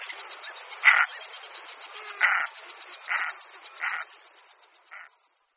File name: Morčák-velký